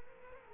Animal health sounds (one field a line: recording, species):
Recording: mosquito wingbeat signal from an infrared sensor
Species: Culex quinquefasciatus